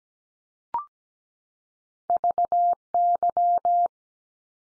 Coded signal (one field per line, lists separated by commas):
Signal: Morse code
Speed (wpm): 17 wpm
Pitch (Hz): 700 Hz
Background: none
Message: VY